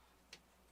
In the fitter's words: there we go locked into place